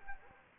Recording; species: mosquito wingbeat signal from an infrared sensor; Anopheles arabiensis